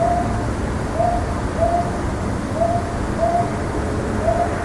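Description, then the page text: Brown hawk-owl calling: several soft, low hoots in a loose series over a steady background hiss. Owl calling at night, May 10–20, 2014, at an antenna tower; calling was quite loud, thought to be seeking a mate before nesting. "Nights of May 10 to 20, 2014, a brown hawk owl (Ninox Scutulata) came to my antenna tower.夜、アオバズクがタワーに来て鳴くもので、結構うるさかった。営巣するために嫁さんでも探しているのだろう。"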